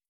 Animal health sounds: hydrophone in a shrimp aquaculture tank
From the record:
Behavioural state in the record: starved

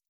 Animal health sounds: hydrophone in a shrimp aquaculture tank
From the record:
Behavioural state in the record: stressed

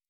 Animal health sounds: hydrophone in a shrimp aquaculture tank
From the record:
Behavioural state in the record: normal

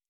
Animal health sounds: hydrophone in a shrimp aquaculture tank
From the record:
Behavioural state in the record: normal

